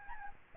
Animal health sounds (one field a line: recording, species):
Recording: mosquito wingbeat signal from an infrared sensor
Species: Aedes albopictus